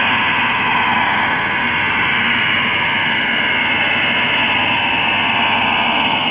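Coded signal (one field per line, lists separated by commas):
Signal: HF data modem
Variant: STANAG 4285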